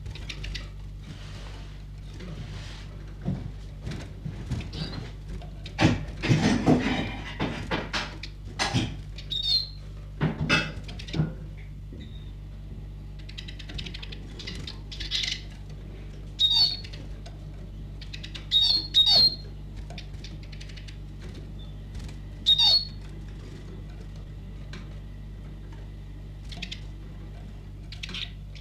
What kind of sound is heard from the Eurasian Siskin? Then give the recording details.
call. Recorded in captivity. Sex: diverse. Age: adult. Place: Zoologisches Institut Universität Tübingen, Baden-Württemberg, DE. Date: 1958-05-05. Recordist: TSA